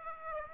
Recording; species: mosquito wingbeat signal from an infrared sensor; Aedes aegypti